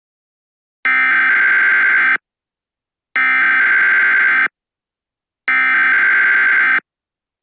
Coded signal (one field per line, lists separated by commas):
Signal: Emergency Alert System (SAME) tones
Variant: header bursts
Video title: EAS Scenario: Tartarus